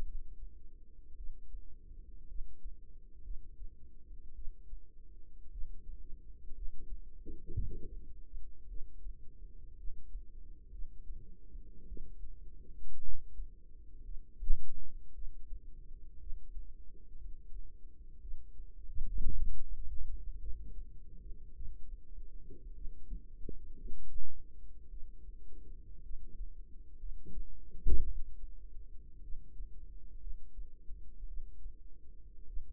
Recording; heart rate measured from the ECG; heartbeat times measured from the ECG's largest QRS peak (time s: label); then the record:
heart sounds by microphone in the right ear; 56 bpm
0.04 s: heartbeat
1.16 s: heartbeat
2.27 s: heartbeat
3.22 s: heartbeat
4.34 s: heartbeat
5.50 s: heartbeat
6.54 s: heartbeat
7.53 s: heartbeat
8.67 s: heartbeat
9.76 s: heartbeat
10.70 s: heartbeat
11.87 s: heartbeat
13.01 s: heartbeat
14.03 s: heartbeat
15.14 s: heartbeat
16.19 s: heartbeat
17.17 s: heartbeat
18.20 s: heartbeat
19.33 s: heartbeat
20.39 s: heartbeat
21.54 s: heartbeat
22.73 s: heartbeat
23.76 s: heartbeat
24.89 s: heartbeat
26.02 s: heartbeat
26.98 s: heartbeat
28.04 s: heartbeat
29.21 s: heartbeat
30.19 s: heartbeat
31.26 s: heartbeat
32.45 s: heartbeat
From the record:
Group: healthy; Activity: rest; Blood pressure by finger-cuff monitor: 95/60 mmHg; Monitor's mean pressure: 69 mmHg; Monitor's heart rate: 56 bpm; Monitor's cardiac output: 4.4 L/min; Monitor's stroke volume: 79 mL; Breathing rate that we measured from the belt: 18 breaths a minute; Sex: female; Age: 36 years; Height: 163 cm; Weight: 88 kg